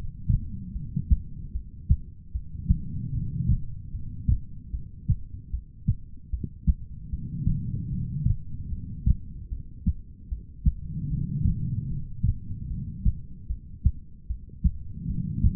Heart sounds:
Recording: heart sounds by stethoscope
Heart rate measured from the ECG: 75 bpm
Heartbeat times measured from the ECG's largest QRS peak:
0.72 s: heartbeat
1.52 s: heartbeat
2.32 s: heartbeat
3.11 s: heartbeat
3.91 s: heartbeat
4.71 s: heartbeat
5.50 s: heartbeat
6.30 s: heartbeat
7.10 s: heartbeat
7.90 s: heartbeat
8.69 s: heartbeat
9.49 s: heartbeat
10.28 s: heartbeat
11.08 s: heartbeat
11.88 s: heartbeat
12.68 s: heartbeat
13.47 s: heartbeat
14.27 s: heartbeat
15.06 s: heartbeat
From the record:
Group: heart failure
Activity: rest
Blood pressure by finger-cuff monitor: 97/67 mmHg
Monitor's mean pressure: 79 mmHg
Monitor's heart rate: 75 bpm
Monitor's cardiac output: 4.8 L/min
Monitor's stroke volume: 64 mL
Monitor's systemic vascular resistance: 1170 dyn s/cm5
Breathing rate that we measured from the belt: 15 breaths a minute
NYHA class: 2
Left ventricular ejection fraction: 58%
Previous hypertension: present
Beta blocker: bisoprolol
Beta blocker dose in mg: 5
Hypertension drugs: ramipril, spironolactone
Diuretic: furosemide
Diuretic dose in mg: 160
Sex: female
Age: 55 years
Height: 155 cm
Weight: 67 kg

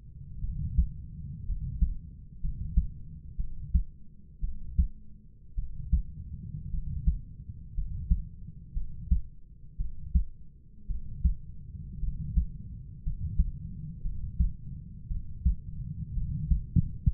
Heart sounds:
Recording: heart sounds by stethoscope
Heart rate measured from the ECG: 57 bpm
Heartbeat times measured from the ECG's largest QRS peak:
0.41 s: heartbeat
1.46 s: heartbeat
2.41 s: heartbeat
3.37 s: heartbeat
4.41 s: heartbeat
5.55 s: heartbeat
6.71 s: heartbeat
7.74 s: heartbeat
8.74 s: heartbeat
9.77 s: heartbeat
10.87 s: heartbeat
12.00 s: heartbeat
13.03 s: heartbeat
14.02 s: heartbeat
15.08 s: heartbeat
16.14 s: heartbeat
17.12 s: heartbeat
From the record:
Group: healthy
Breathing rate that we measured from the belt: 11 breaths a minute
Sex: male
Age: 25 years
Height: 170 cm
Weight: 70.4 kg

